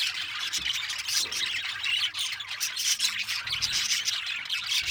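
Parakeets squawking in a dense, harsh chatter of overlapping high calls.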